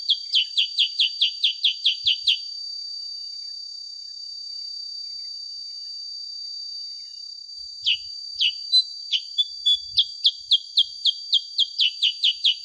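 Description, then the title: Sooty-headed bulbul song: rapid series of sharp, downslurred high chirps, a long pause, then the series resumes, over a steady high whine. Used to train songbirds and as a lure to prompt other birds to sing. "Masteran Kutilang Sutra. SUARA ASLI KUTILANG SUTRA COCOK UNTUK PANCINGAN"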